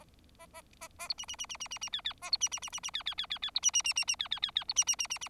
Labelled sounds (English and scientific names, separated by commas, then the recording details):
Bengalese Finch (Lonchura striata domestica) song
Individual Bird4